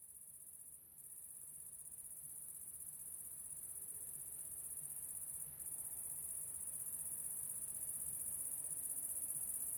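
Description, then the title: Cricket trill, continuous and high, growing gradually louder throughout, with a quiet low hum underneath. Recorded at La Sablière, Saint-Privat-de-Champclos, France, with a Zoom H6 and M/S microphone. "30430 Saint-Privat-de-Champclos, France - cricket la sabliére"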